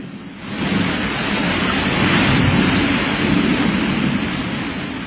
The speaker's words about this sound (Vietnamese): Bên ngoài tuyết phủ khắp nơi, gió vung vút quất vào mặt.